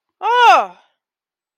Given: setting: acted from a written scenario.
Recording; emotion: vocal sound without words; distress